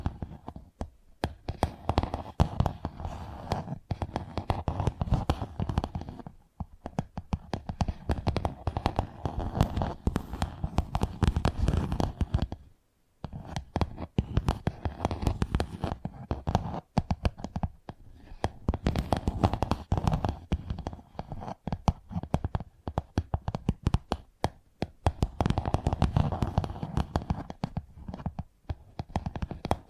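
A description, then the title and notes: Dense tapping runs in bursts of rapid, irregular clicks, mostly low and mid-pitched with a crisp upper edge. Brief pauses break the pattern around six, thirteen and seventeen seconds, with the longest gap near thirteen, then the quick tapping resumes. ASMR Brain Tingly Tapping Sounds for Sleep (No Talking).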